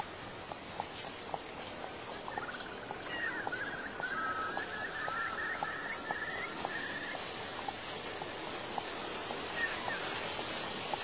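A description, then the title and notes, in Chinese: Horse hooves clop at a steady, even pace throughout, over a constant soft rustle and hiss. From about two to seven seconds a thin, wavering tone hangs above them, like a distant bird call or the ring of a temple bell. 秋天古道夕阳下的马蹄声、落叶声、远处的深山鸟鸣和古寺钟声。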